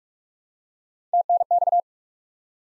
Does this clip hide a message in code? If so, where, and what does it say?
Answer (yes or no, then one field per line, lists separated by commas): yes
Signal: Morse code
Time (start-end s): 1.1-1.8 s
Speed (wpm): 45 wpm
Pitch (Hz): 700 Hz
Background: none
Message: TNX